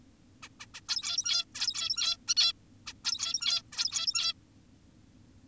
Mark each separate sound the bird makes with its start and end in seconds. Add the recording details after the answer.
0.43-0.48, 0.60-0.66, 0.74-0.81, 0.88-1.45, 1.55-2.17, 2.28-2.34, 2.37-2.53, 2.87-2.93, 3.04-3.62, 3.72-4.34. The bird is an adult. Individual g17y2U